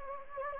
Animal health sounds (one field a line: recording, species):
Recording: mosquito wingbeat signal from an infrared sensor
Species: Anopheles gambiae